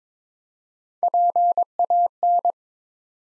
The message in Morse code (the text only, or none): PAN